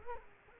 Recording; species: mosquito wingbeat signal from an infrared sensor; Culex quinquefasciatus